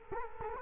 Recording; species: mosquito wingbeat signal from an infrared sensor; Culex quinquefasciatus